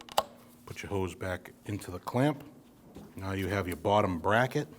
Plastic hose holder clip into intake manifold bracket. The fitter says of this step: Listen for the click.